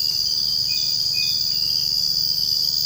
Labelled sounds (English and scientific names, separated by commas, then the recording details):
none
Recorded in secondary vegetation near Puerto Asís, Putumayo, Colombia, on 21 March 2025 at 05:30
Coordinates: 0.502, -76.326
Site G100